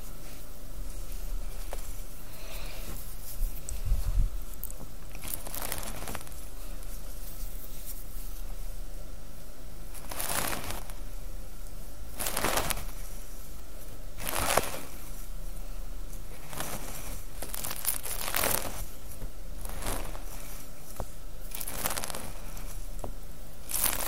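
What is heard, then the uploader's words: Hair being played with and brushed: soft crinkly strokes come in bright bursts every second or two over a low steady hum. ASMR Relaxing Hair Play & Brushing.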